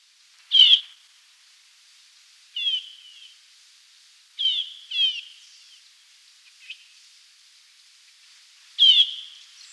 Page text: Stripe-Throated Yuhina Calls. Quick Sounds